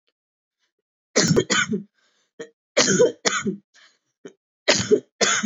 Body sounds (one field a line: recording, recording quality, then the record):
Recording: heavy voluntary cough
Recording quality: excellent, no background noise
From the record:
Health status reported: COVID-19 positive, no symptoms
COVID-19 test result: positive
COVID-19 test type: RT-PCR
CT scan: not taken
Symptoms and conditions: fever, fatigue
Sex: female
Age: 24 years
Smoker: no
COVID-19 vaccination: both doses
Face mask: not worn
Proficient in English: yes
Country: India